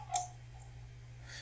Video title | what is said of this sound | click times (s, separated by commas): 📦Legacy Lift Chair PLR958 Unboxing & Assembly | once you feel that the two sleeves are firmly over the rails just push down and listen for a click | 0.2 s